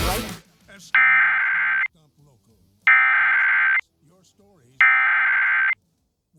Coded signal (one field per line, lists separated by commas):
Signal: Emergency Alert System (SAME) tones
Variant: header bursts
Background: speech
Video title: EAS #1010: EAS Fire Warning- Oct. 13, 2024- 2:44PM PDT